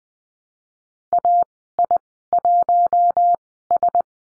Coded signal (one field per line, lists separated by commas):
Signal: Morse code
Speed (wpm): 20 wpm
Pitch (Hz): 700 Hz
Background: none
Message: AI1S